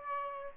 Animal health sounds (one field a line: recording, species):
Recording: mosquito wingbeat signal from an infrared sensor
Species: Aedes aegypti